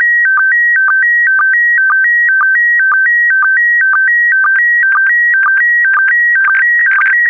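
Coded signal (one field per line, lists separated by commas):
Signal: SSTV (slow-scan television)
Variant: PD120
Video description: When ready, un-pause this video and start to decode * this is a 2 minutes test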